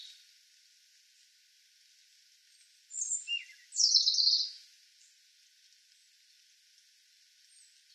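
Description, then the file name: European robin song: one short high phrase of thin notes followed by a loud, dense trilled burst, then quiet hiss. "Erithacus rubecula"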